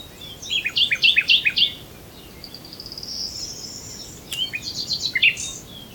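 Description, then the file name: Common nightingale song: a series of repeated sharp notes given in quick succession, a thin drawn-out whistle, then another rapid repeated series. "Luscinia megarhynchos"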